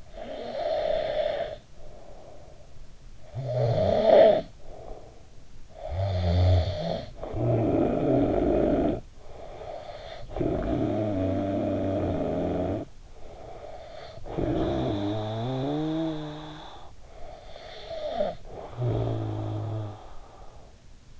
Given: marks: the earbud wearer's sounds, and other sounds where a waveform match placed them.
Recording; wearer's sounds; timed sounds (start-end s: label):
sounds in sleep by an in-ear microphone; snoring breath
0.00-2.77 s: snoring breath
3.20-5.39 s: snoring breath
5.71-20.91 s: snoring breath